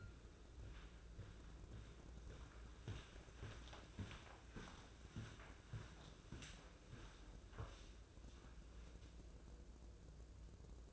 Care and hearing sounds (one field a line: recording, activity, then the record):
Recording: daily activity, microphone in the room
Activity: walk to room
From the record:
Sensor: 2